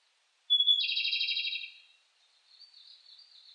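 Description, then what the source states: Japanese robin song: a clear high whistled note leading into a loud rapid trill, followed by a fainter, softer twittering trill. Recorded 18 July 2004.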